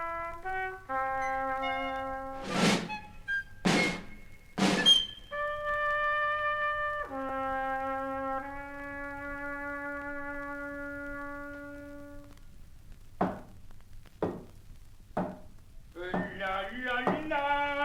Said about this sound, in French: J'entends quelqu'un qui chante et qui coupe du bois.